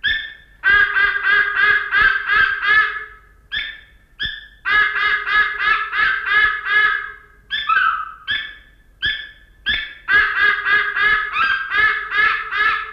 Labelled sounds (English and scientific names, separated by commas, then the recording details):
White-bellied Sea Eagle (Haliaeetus leucogaster) call
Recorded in captivity
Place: Zoo Berlin, Berlin, DE
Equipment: Halbspur, 9,5 cm/s
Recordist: Lütgens, Hans